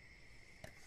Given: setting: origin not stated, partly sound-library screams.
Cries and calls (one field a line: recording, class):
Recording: one-second piece from a danger detection set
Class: normal situation